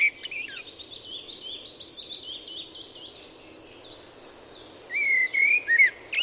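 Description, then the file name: Eurasian blackbird with a clear, wavering fluty phrase late on, after a brief opening note, set against steady high-pitched twittering. "Turdus merula"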